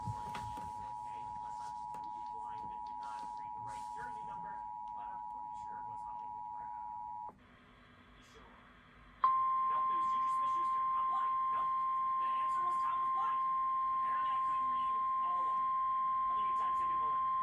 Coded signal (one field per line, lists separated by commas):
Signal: Emergency Alert System (SAME) tones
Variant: 853 and 960 Hz attention tone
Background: speech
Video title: (EAS #2,583 - #2,607) THE EAS SUNDAY TICKET - EAS Alerts from 9/14/25